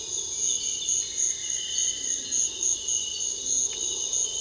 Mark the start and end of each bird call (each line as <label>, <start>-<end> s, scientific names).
Lepidocolaptes souleyetii, 1.03-2.45 s